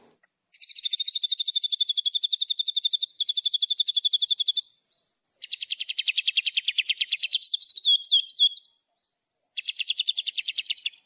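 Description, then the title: Streaked Spiderhunter giving rapid high chipping series in several bursts, some notes dropping slightly in pitch, with a few squeaky twittering notes mixed in and short silences between. Tutoring recording for training songbirds; song described as vigorous, clear and long. "Pijantung Gunung Gacor Jernih Panjang"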